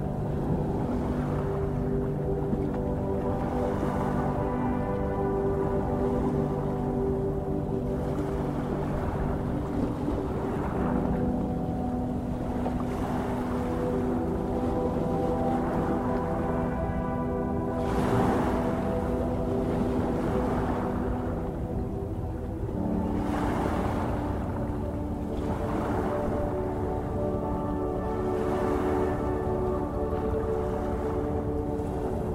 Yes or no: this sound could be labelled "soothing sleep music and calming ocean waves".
yes